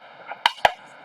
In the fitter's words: அவ்வளோதான், அப்படியே லாக் ஆயிரும்.